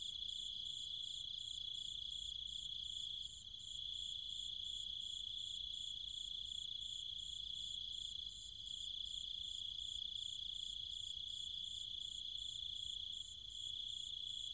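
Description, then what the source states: Cicadas and other insects in a dense chorus: a steady high drone with a faster pulsing shrill layer above it, briefly dipping a few times. Cicadas and other insects calling at night in trees and fields of the countryside near Chiang Mai, Thailand.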